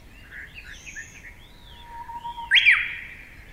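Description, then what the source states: Japanese bush warbler song: a faint steady whistle followed by a sudden loud, rapid flourish near the end, with other soft bird notes earlier. Recorded on 10 April 2016.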